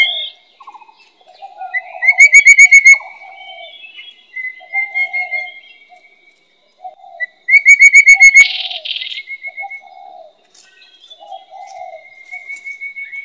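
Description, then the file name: Rufous-capped babbler song: rapid runs of bright piping notes, two of them loud, with low mellow notes and a buzzy burst. "山紅頭"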